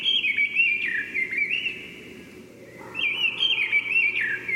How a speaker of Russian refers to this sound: Послушаем, как поет деряба.